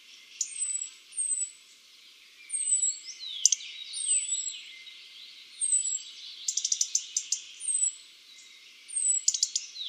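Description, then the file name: European robin song: high, sweet whistled notes repeated at irregular intervals, mixed with rapid clicking bursts and faint descending twitters. "Erithacus rubecula"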